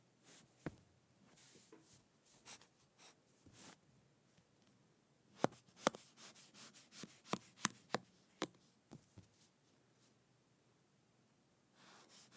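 Kinetic sand being cut up, heard as soft grainy scrapes and crumbly rustles. Sharp little clicks and taps cluster between about five and nine seconds, quickest around seven to eight, with quieter stretches at the start and end.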